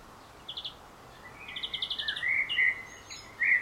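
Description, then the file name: Common blackbird giving a short song fragment: bursts of high buzzy pulses, then brief fluted warbling. "Turdus merula"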